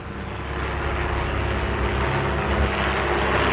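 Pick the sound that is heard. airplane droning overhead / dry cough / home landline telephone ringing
airplane droning overhead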